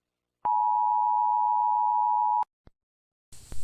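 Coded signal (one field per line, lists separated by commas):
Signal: Emergency Alert System (SAME) tones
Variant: 853 and 960 Hz attention tone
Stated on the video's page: Simulated EAS scenario.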